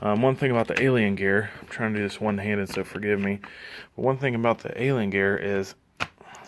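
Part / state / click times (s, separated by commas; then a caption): handgun into inside-waistband holster retention shell / seated / 6.0 s. A handgun is holstered one-handed into an Alien Gear inside-waistband holster with a polymer retention shell while someone talks. After the talking stops, the shell gives a light, sharp click at 6.0 seconds as the pistol seats, followed by a fainter tick. The audible click confirms the gun is seated properly in the holster's retention.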